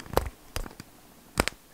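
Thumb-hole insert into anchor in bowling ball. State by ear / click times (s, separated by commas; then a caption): seated / 1.4 s. A removable thumb-hole insert is screwed into the anchor in a bowling ball's thumb hole until it locks. Short plastic clicks and rattles occur at about 0.2 s and 0.6 s, then a sharp locking click at 1.4 s followed by another just after. The insert is seated and locked in place.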